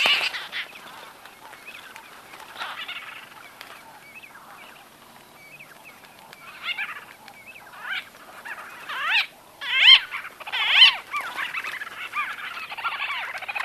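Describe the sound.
White-fronted bee-eater calls, sparse soft notes at first, then louder rolled calls near the end.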